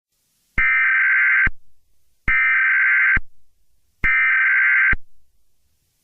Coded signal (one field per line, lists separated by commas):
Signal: Emergency Alert System (SAME) tones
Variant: header bursts